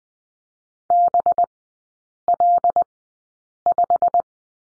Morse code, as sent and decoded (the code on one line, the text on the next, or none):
-... .-.. .....
BL5